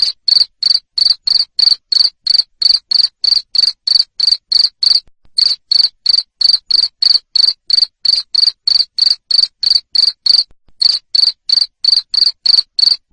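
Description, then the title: Cricket singing a rapid sequence of short pulsed chirps, about three per second, interrupted by two short pauses. Loud cricket chirping, used to stimulate lovebirds to sing continuously. "Suara JANGKRIK NGERIK Keras Bikin LOVEBIRD Jadi NGEKEK Terus Vubey"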